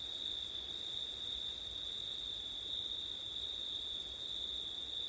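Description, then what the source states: Crickets keep up a constant high-pitched trilling drone with a faint higher buzz. Recorded on a September night with wind.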